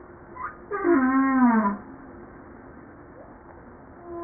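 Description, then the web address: Humpback whale song unit: one loud harmonic moan sliding downward, followed by faint, quieter tones. Recorded 5 March 1994. "pub JASA 2013 Blue Bowhead Fin Humpback Southern Right Whale humpback-01 940305-0952"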